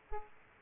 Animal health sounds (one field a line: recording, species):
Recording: mosquito wingbeat signal from an infrared sensor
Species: Aedes aegypti